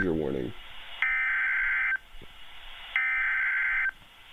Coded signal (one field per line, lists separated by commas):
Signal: Emergency Alert System (SAME) tones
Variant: header bursts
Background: speech